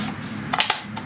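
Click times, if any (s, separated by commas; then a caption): 0.6 s. A genuine 9 Ah DeWalt FlexVolt 20V/60V-class slide battery is pushed onto a plastic power tool battery adapter. Short knocks from the slide surround a sharp latch click at 0.6 s. The battery seats firmly in the adapter.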